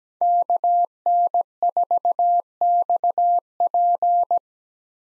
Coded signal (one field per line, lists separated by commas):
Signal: Morse code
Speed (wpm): 17 wpm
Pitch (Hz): 700 Hz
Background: none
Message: KN4XP